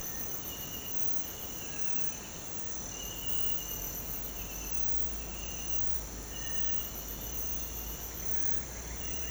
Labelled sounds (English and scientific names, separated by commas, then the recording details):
none
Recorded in pastures near Puerto Asís, Putumayo, Colombia, on 21 March 2025 at 06:00
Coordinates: 0.472, -76.329
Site G074